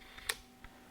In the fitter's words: and turn it the opposite way until it clicks